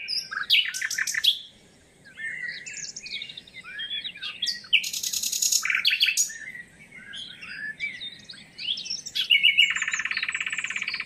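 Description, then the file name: Common nightingale song, a rich varied run of whistles, sharp chirps and rapid buzzy trills, ending in a fast repeated rattling phrase; faint low background hum. "Luscinia megarhynchos"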